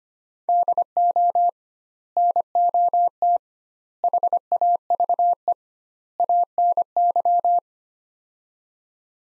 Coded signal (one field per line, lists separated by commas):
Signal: Morse code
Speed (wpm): 25 wpm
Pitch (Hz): 700 Hz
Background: none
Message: DO NOT HAVE ANY